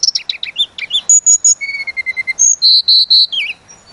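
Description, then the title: Sunda robin song opening with jumbled chirps, then steady repeated whistled notes, finishing with loud high notes and a falling slur. Lure recording meant to excite birds and make them sing out their full repertoire of learned filler phrases. "Pancingan Tledekan Gunung Agar Emosi Bongkar Isian"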